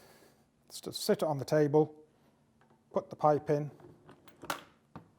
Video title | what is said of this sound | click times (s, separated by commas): How to Use the Fogging Machine | and it just locks on and you'll hear it click | 4.5 s